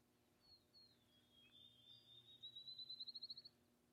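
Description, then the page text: Field sparrow song: thin, high, slurred whistles that quicken into a rapid, slightly rising trill, like a bouncing ball, over a faint background hiss. Recorded in Maryland. "Field Sparrow by Ashley Rodeheaver"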